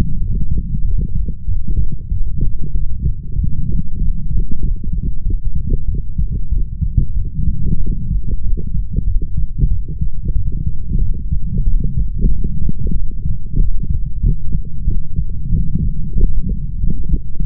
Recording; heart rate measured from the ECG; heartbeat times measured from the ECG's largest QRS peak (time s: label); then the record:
heart sounds by stethoscope; 94 bpm
0.18 s: heartbeat
0.82 s: heartbeat
1.46 s: heartbeat
2.09 s: heartbeat
2.72 s: heartbeat
3.36 s: heartbeat
3.98 s: heartbeat
4.61 s: heartbeat
5.23 s: heartbeat
5.86 s: heartbeat
6.50 s: heartbeat
7.14 s: heartbeat
7.78 s: heartbeat
8.41 s: heartbeat
9.05 s: heartbeat
9.69 s: heartbeat
10.33 s: heartbeat
10.99 s: heartbeat
11.64 s: heartbeat
12.28 s: heartbeat
12.92 s: heartbeat
13.57 s: heartbeat
14.21 s: heartbeat
14.85 s: heartbeat
15.50 s: heartbeat
16.13 s: heartbeat
16.76 s: heartbeat
17.38 s: heartbeat
From the record:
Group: healthy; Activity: light exercise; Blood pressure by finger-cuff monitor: 117/57 mmHg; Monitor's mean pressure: 74 mmHg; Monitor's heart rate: 94 bpm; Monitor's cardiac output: 7.9 L/min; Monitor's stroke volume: 84 mL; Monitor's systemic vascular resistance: 680 dyn s/cm5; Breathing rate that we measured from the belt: 15 breaths a minute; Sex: female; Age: 32 years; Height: 168 cm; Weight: 61.9 kg